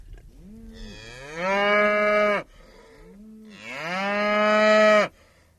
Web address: cows